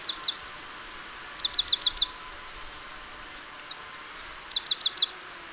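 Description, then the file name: Marsh tit calls: quick bursts of four or five sharp, high notes, with a few scattered single notes between the bursts, over steady background hiss. "Poecile palustris"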